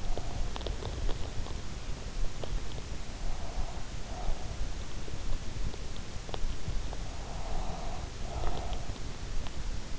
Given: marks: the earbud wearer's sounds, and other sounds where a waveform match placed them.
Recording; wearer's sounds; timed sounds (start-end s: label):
sounds in sleep by an in-ear microphone; teeth grinding, breath
0.00-1.39 s: teeth grinding
3.40-4.48 s: breath
7.24-8.92 s: breath